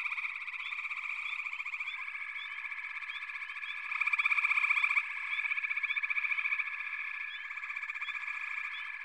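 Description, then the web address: Frog chorus, continuous overlapping trills with a steady high drone and a louder pulsed stretch midway, many callers layered together. "Echoes of Nature - Frog Chorus"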